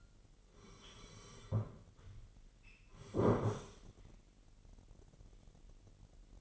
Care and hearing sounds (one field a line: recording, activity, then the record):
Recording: daily activity, microphone in the room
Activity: sit down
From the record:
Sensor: 4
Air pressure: 999.4 hPa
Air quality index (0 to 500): 103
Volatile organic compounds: 2 ppm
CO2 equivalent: 1023 ppm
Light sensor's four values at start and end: 11/26/11/12 and 11/26/11/12